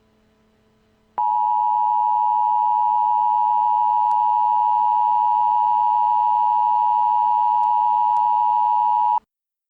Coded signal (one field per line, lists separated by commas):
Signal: Emergency Alert System (SAME) tones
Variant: 853 and 960 Hz attention tone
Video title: My EAS Test Video (1st Video)